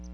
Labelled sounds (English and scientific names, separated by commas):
Palm Warbler (Setophaga palmarum) flight call